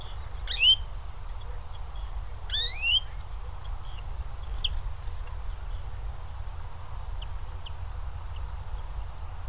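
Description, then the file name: European greenfinch giving two rising nasal calls about two seconds apart, over a steady low rumble with a few faint chirps. "Chloris chloris"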